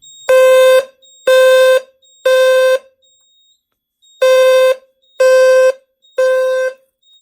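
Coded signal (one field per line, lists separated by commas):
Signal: alarm pattern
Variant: low-frequency 520 Hz horn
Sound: low buzzy horn sounds three half-second blasts, pauses, then three more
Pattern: temporal three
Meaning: Temporal-3 pattern signals building evacuation for fire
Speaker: if we were to hit this pull station they kick off again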